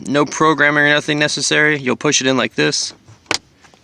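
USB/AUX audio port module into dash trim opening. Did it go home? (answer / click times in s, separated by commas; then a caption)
yes / 3.3 s. Someone talks while pushing a plastic USB/AUX audio port module for a 2012–2016 Tundra, USB on top, into its opening in the dash trim. After the talking stops, a faint tick comes just before a sharp click at 3.3 s as the retaining clips snap and the module seats.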